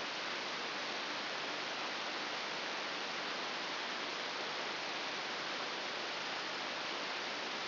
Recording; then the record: brain microelectrode recording played as sound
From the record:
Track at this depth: inside the subthalamic nucleus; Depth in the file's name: 4.602 mm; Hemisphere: right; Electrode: 3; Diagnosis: Parkinson's disease